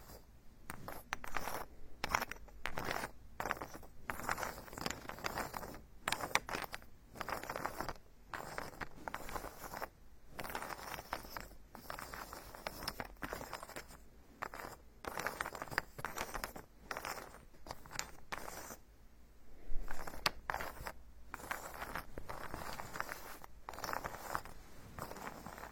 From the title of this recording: Tree Ear Picking Supreme Spa Ear Massage